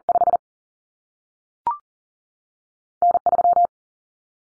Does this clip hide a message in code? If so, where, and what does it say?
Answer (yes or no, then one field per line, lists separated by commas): yes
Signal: Morse code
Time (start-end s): 0.1-3.7 s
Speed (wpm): 40 wpm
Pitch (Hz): 700 Hz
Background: none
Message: 5 N3